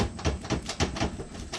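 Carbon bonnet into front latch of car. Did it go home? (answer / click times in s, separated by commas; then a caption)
no / none. A carbon kevlar bonnet on an SXE10 Altezza is closed onto its front latch in the dark, with a series of dull thumps and two sharper knocks at about 0.7 and 0.8 seconds. The bonnet does not latch and nothing has clicked into place; the stops or the tower bar are suspected to be in the way.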